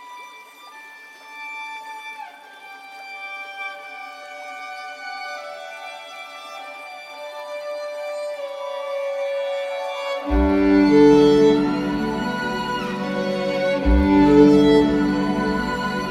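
Slow, relaxing violin music with long, held notes that glide smoothly from one pitch to the next, high and thin at first. Around ten seconds in, deeper, fuller tones join beneath the melody and the music swells louder to the end.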